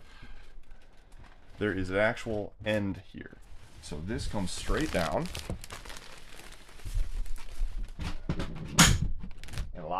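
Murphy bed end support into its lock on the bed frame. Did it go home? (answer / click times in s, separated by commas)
yes / 8.8 s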